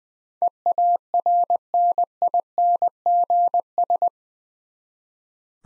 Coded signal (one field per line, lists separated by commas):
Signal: Morse code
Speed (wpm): 20 wpm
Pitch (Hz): 700 Hz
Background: none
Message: EARNINGS